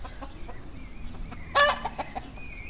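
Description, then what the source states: Chicken giving one short, harsh squawk midway through, with faint high chirps in the background. Hens feeding among a dead cactus hedge and a rubbish dump at Laâssilat, Morocco; recorded by Kaïs and Mina.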